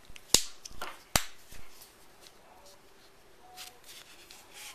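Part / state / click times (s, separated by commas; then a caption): heart rate transmitter module on chest strap / seated / 0.3 s, 1.2 s. A plastic heart rate transmitter module is pressed back onto the snap studs of its chest strap and seats with two sharp clicks at 0.3 s and 1.2 s. A few softer knocks and taps surround the clicks, followed by quiet handling noise.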